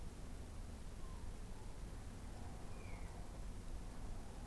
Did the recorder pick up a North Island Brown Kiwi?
no